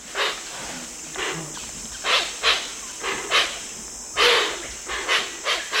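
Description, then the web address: Hoatzin hissing calls: a series of harsh, breathy wheezes, some louder than others, over a steady high hum. "Birdnote. Hoatzin"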